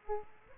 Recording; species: mosquito wingbeat signal from an infrared sensor; Aedes aegypti